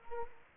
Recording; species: mosquito wingbeat signal from an infrared sensor; Culex quinquefasciatus